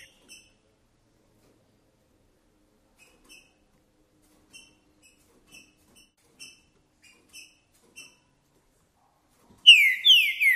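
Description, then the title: Green-winged saltator song: soft repeated high chips for eight seconds, then a loud burst of slurred, descending whistled notes at the very end. Singing in a contest setting, with chirping and male display singing; the song style is called "perdi meu boi". "Piando, Cantando E Macheando Na DISPUTA. PERDI MEU BOI! Trinca Ferro CANTANDO e MACHEANDO!"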